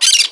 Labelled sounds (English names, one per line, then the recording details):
Brown-throated Parakeet contact call
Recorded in Margarita
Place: San Francisco, near stadium
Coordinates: 11.018, -64.294